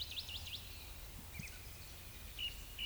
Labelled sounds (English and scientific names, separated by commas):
Eurasian Woodcock (Scolopax rusticola) whistle, Eurasian Woodcock (Scolopax rusticola) croak